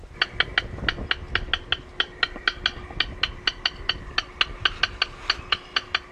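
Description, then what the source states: Rail calls: a fast, steady series of sharp clicking notes. Played back on a loop from a playback station in a restored wetland to attract migrating rails, from an hour and a half after sunset until an hour and a half before sunrise.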